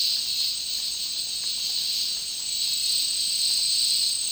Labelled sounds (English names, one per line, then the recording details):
none
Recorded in dense forest near Puerto Asís, Putumayo, Colombia, on 18 February 2024 at 14:30
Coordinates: 0.499, -76.324
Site G6469